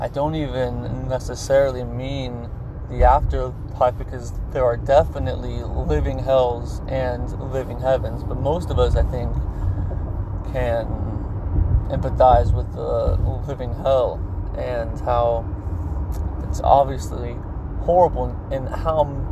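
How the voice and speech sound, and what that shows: An adult man who stutters speaks in fluent stretches that suddenly block on a single word. Drawn-out sounds on "the" and "and" and held word endings are followed by silent pauses before the next word. These prolongations and hesitations fit stuttering, which for him typically falls on consonants. Steady car and traffic noise runs underneath.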